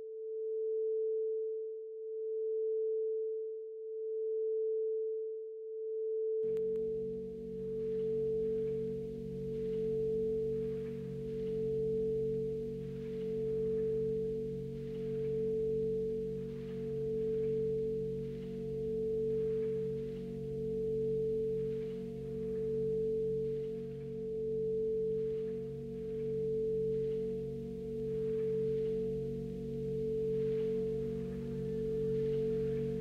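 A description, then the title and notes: A steady pure tone around 440 Hz hums alone for the first six seconds, pulsing gently in a slow, regular throb. Then a low, warm drone enters beneath it and continues to the end, with faint soft rustling texture above. Binaural Beats Delta 440 Hz.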